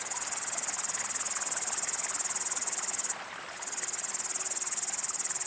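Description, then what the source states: Upland green bush-cricket song, a continuous very high, rapid buzzing with a lower buzzy layer that joins briefly for under a second. Single foreground singer among surrounding great green bush-crickets beside a flowing stream; Le Villard, Val Maravel, Drôme, France, 1200 m; 20 August 2018, 19:00–19:30; windless, stormy cloudy sky, 20–22 °C; Nagra Seven, MKH40.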